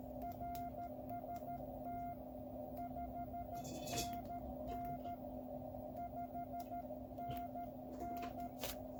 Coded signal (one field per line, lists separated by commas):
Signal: Morse code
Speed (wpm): 13 wpm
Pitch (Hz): 700 Hz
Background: none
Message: RST 5NN 5NN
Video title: QCX+ the new QRP Labs 5W transceiver kit